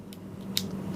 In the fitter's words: Sound கேட்கும், lock. So இந்த lock ஆகிட்டோடனே நீங்கள் டேரெக்டாக அது வந்து மொபைல் கூட கனெக்ட் பண்ணலாம்.